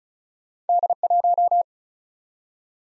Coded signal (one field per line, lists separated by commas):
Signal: Morse code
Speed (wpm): 36 wpm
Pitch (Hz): 700 Hz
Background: none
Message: D1